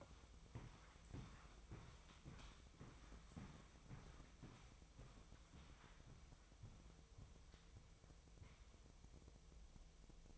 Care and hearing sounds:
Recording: daily activity, microphone in the room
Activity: walk to room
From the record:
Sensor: 1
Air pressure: 999.4 hPa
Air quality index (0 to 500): 199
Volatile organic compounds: 40 ppm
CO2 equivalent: 3155 ppm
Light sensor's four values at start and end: 9/21/8/9 and 9/23/9/10

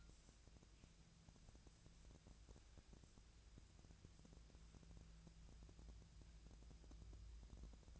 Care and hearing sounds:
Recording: daily activity, microphone in the room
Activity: wipe stove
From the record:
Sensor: 2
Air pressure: 1000.3 hPa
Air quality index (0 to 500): 163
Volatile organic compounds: 3 ppm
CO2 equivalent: 1353 ppm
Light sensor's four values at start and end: 11/26/11/12 and 11/26/11/12

